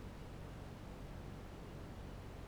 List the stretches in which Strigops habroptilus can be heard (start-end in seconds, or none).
none